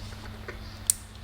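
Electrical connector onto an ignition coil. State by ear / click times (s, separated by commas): seated / 0.9 s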